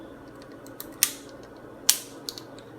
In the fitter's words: when you hear the click it's all done